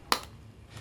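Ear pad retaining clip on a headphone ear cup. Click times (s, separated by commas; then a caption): 0.1 s. A thin pry tool wiggled in the gap between the ear pad and the plastic housing of a Tronsmart Sounfii Q20 headphone ear cup makes the ear pad retaining clip snap free with a sharp, bright snap at 0.1 s. A faint, softer click follows near 0.8 s against low background noise, and the clip is released.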